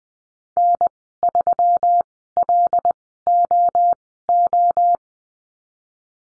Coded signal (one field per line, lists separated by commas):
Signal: Morse code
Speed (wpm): 19 wpm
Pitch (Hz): 700 Hz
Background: none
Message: N3LOO